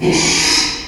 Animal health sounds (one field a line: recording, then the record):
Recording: squeal of a Yucatan mini pig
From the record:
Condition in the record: after surgery on the right vocal fold (resection and tissue-engineered implant)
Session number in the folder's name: 2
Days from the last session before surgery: 13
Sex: male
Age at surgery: 12 weeks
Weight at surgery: 13 kg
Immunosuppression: cyclosporine, prednisolone